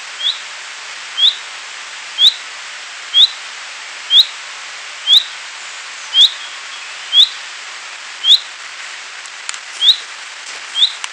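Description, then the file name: Common chaffinch call: a short, high, sharp note repeated about once a second, steady throughout, over a faint hiss. "Fringilla coelebs"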